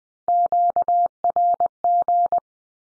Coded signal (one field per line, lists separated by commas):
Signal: Morse code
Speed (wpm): 20 wpm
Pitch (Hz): 700 Hz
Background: none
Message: QRG